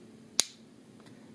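A piece of the spring-loaded hardware from a Ferro Concepts PVS31 battery retention kit for night vision is pushed in until an internal piece breaks, activating the spring inside. A single sharp, bright click sounds at 0.4 s, followed by a faint softer tick near 1.0 s over a low steady hum. The hardware clicks into its activated state.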